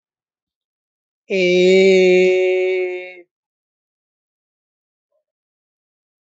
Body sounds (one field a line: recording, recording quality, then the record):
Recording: sustained vowel as in made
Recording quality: excellent, no background noise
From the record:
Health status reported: healthy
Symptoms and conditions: none ticked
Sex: male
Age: 35 years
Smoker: not ticked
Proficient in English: yes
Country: India